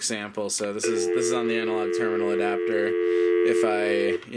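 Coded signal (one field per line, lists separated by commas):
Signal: telephone call progress tone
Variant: North America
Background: speech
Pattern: dial tone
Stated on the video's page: Home phone system built from 1990s Canadian telco equipment.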